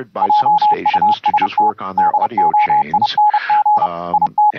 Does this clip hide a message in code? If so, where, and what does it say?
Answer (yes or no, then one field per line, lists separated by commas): yes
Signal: Morse code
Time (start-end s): 0.2-4.5 s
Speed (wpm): 31 wpm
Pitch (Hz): 840 Hz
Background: speech, radio noise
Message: JUST DOING IT